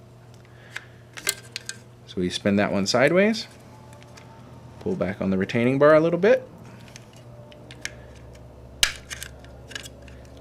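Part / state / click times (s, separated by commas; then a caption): ink damper into printhead holder with retaining bar / seated / 8.8 s. An ink damper is turned sideways and fitted onto the printhead of a DTG Viper printer while the plastic retaining bar is pulled back, with small handling ticks and taps along the way as someone talks. The damper is then pushed until it clicks into place under the retaining bar with a sharp, loud click at 8.8 s, seated.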